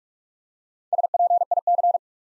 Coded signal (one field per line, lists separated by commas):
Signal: Morse code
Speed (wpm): 44 wpm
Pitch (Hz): 700 Hz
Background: none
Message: SPIC